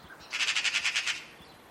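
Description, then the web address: Bird giving a single burst of several quick, harsh, buzzy notes lasting under a second. "Bird Only More Classes Pi Pi Pi Pi"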